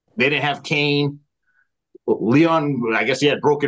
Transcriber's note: none